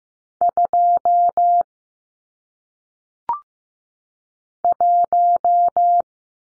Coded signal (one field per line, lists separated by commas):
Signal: Morse code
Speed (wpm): 15 wpm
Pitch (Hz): 700 Hz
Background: none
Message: 2 1